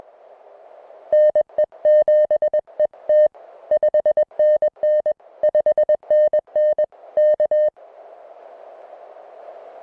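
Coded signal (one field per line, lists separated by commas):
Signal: Morse code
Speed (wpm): 21 wpm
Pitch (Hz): 1800 Hz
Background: music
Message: NE7ET 5NN 5NN K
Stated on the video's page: Unedited CW contact audio from a Summits on the Air QRP activation of a mountain summit.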